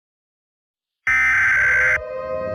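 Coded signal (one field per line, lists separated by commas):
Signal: Emergency Alert System (SAME) tones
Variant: header bursts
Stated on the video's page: Fictional EAS scenario, not a real alert.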